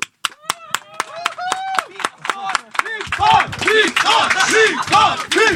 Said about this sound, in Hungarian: Jár a taps!